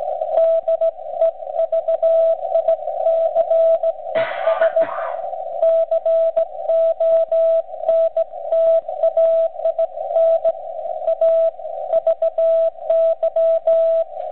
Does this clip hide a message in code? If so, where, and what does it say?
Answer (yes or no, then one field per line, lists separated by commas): yes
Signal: Morse code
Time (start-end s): 0.4-14.0 s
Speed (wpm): 17 wpm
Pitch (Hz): 660 Hz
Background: radio noise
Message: DEVICES CONTAIN A VY